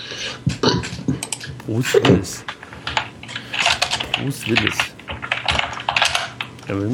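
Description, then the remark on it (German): Rapid, uneven clacking of keys on a mechanical keyboard, sharp bright clicks in quick bursts, with people talking over and between the keystrokes. “Man merkt auch richtig schön bei deiner Tastatur, dass das noch richtige Anschläge sind, die man da...”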